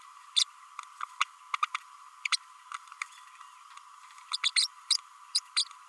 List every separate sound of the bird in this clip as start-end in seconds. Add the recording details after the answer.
0.36-0.44, 1.02-1.04, 1.20-1.24, 1.53-1.56, 1.62-1.66, 1.74-1.76, 2.25-2.27, 2.32-2.36, 4.33-4.37, 4.43-4.50, 4.56-4.67, 5.34-5.40, 5.56-5.64. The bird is a female. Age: 32 days. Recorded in a nest box in Venezuela. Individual 17B32A7